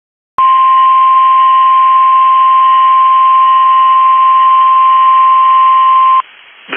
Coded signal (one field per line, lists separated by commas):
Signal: Emergency Alert System (SAME) tones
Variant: 1050 Hz attention tone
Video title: RETURN TO THE NORTHEAST | EAS Alerts from 7/12/2022 (EAS #1370-1410)